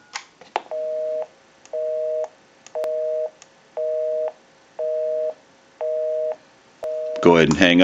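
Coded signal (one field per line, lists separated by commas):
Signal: telephone call progress tone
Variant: North America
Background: speech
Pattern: busy tone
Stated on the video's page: Call progress tone on a Mickey Mouse telephone during checkout, repair and conversion.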